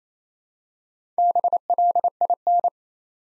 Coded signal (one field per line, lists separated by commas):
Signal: Morse code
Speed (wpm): 27 wpm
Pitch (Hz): 700 Hz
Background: none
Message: BLIN